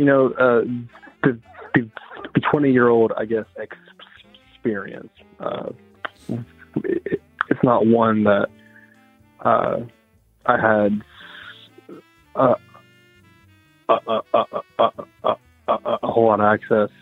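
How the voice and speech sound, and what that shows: Adult male speech with repeated 'the-the-the', drawn-out sounds, silent blocks and long pauses, typical of stuttering. He has a continuous speech impediment that developed in his youth and never went away.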